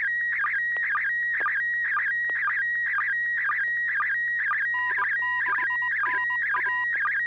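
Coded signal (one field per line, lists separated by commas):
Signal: SSTV (slow-scan television)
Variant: PD120 mode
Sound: warbling whistle shifting between pitches, with short low blips repeating about twice a second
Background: low hum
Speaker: that this is a November 6 hotel Alpha and this will be a pd20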